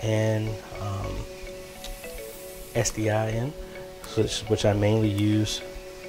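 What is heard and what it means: An SDI video cable connector is being handled at the SDI input of a capture card, the kind that is twisted until it locks. Someone talks over background music throughout, and a faint tick comes at about 1.8 s. Nothing has seated or clicked yet.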